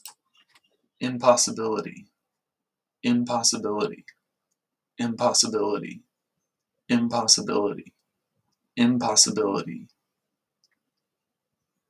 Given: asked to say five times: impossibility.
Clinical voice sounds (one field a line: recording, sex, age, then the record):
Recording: repeated word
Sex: male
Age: 30 to 39 years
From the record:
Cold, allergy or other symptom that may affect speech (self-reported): no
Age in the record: 36 years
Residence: Hawaii, United States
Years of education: 13